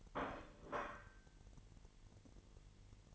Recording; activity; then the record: daily activity, microphone in the room; place plate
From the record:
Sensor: 4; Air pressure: 989.4 hPa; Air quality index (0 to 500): 213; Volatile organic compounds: 62 ppm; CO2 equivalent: 3434 ppm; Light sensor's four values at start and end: 26/91/33/35 and 26/91/33/35